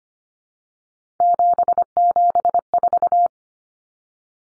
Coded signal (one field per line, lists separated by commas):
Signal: Morse code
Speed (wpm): 25 wpm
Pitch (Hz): 700 Hz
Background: none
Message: 774